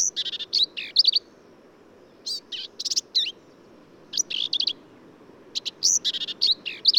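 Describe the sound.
Black-capped vireo song with rapid, complex phrases of harsh buzzes and bright twisting whistles, coming in quick clusters with short gaps between them.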